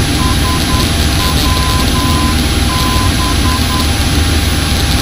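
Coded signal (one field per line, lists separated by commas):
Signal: Morse code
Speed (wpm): 10 wpm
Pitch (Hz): 1020 Hz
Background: none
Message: SWB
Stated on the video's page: Morse ident of the Shawbury VOR heard on an aircraft soundtrack over Welshpool at 3,400 feet, not audible through the headset at the time.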